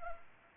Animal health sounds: mosquito wingbeat signal from an infrared sensor; Culex pipiens

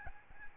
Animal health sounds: mosquito wingbeat signal from an infrared sensor; Aedes albopictus

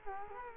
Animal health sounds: mosquito wingbeat signal from an infrared sensor; Culex quinquefasciatus

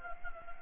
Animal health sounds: mosquito wingbeat signal from an infrared sensor; Anopheles gambiae

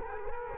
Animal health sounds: mosquito wingbeat signal from an infrared sensor; Culex quinquefasciatus

